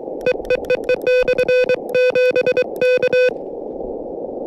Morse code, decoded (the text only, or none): EEEE /7K